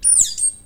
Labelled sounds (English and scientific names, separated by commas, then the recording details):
Stitchbird (Notiomystis cincta) song
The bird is a male
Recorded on Tiritiri Matangi Island, New Zealand, in 2005
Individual 11, of nest box 13